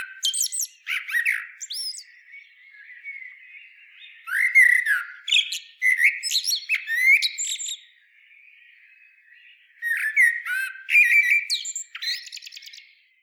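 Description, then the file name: Common blackbird song in three bursts, fluty low notes breaking into shrill chattering flourishes, with soft background birdsong filling the gaps. "Turdus merula"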